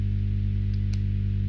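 A steel snap ring is pushed down a Honda semi-auto pit bike transmission shaft until it drops into its groove, or notch, locking the gear in place. A short, sharp metallic click at 0.9 s rises over a steady low hum. The snap ring is seated in the shaft groove.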